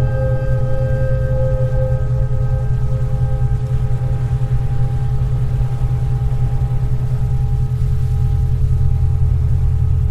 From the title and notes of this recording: With Pink & Brown Noise and Binaural Beats.